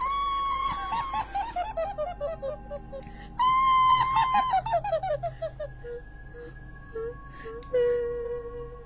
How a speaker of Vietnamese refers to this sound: Tất cả mọi người cứ thấp tha thấp thỏm, đang thắc mắc cớ làm sao mà không nghe tiếng bọn trẻ con la hét nữa, thì bất giác vang lên tiếng cười khanh khách ghê rợn.